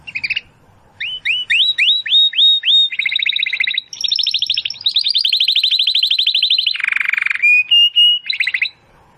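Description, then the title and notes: Domestic canary song with upslurred whistles, dense rippling trills, a low harsh rattle and a long level whistle, nearly continuous throughout. Belgian canary (Canário Belga), titled 'Campainha' (bell), singing. "Canário Belga Campainha Canary Singing. Canario Belga Cantando"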